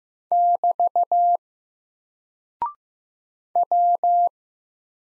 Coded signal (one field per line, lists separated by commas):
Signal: Morse code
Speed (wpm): 15 wpm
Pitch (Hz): 700 Hz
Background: none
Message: <BT> W